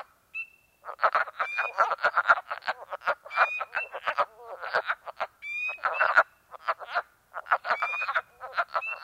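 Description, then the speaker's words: Wood frogs cackling in bursts of rough, clucking notes in a chorus, with clear rising peeps of a spring peeper breaking in repeatedly. Small woodland pool, New York State, April, midnight, temperature plummeting; frogs' excitement muted by chilling air; a spring peeper gives clear piping notes nearby. "We sit before a small woodland pool full of cackling wood frogs, their excitement muted by the chilling air."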